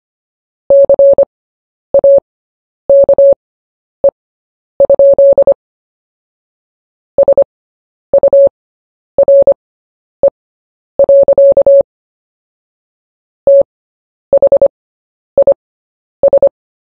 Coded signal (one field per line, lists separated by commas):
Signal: Morse code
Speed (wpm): 25 wpm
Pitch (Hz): 560 Hz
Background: none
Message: CAKE? SURE. THIS